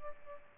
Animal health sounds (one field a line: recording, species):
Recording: mosquito wingbeat signal from an infrared sensor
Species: Aedes albopictus